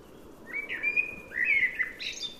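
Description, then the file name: Common blackbird giving a smooth flute-like phrase of drawn-out whistles, finished with a brief high squeak. "Turdus merula"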